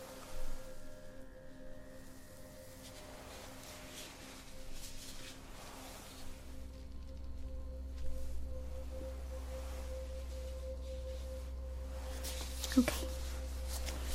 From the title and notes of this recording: ASMR Facial Acupuncture ~ Personal Attention Close Up Face Touching.